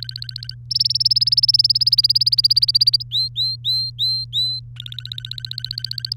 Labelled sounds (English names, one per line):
Domestic Canary song